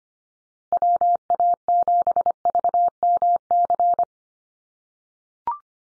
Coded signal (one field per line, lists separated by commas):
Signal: Morse code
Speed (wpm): 25 wpm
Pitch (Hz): 700 Hz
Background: none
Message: WA7VMC